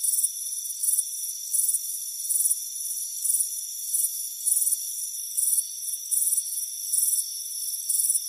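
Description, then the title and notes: Cricket song of bright, buzzy chirps spaced under a second apart, riding on a continuous high-pitched hum. "Soothing Crickets Chirping Sound. It's a warm afternoon as you relax in a hammock on the front porch. Relax and fall asleep to the soothing sound of chirping crickets"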